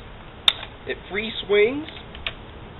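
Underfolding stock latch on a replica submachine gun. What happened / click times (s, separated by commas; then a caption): The folding stock latch released / 0.5 s. Pushing the release on the underfolding metal stock of a replica MP40 submachine gun unlatches it with a sharp mechanical click at 0.5 s, and the stock swings free. Someone talks, and a fainter click follows near the end.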